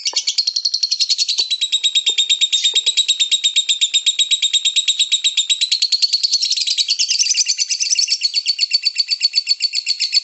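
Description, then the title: Lovebird ngekek song: an unbroken, rapid, high-pitched chatter of buzzy pulses lasting the full ten seconds, shifting slightly in pitch midway, with faint clicks in the background. National champion lovebird with a super ngekek song. "LoveBird Ngekek Super, LoveBird Juara Nasional"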